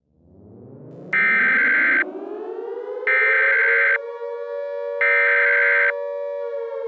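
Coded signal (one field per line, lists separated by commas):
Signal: Emergency Alert System (SAME) tones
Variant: header bursts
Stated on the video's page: Fictional Emergency Alert System scenario featuring legendary and unique attacks.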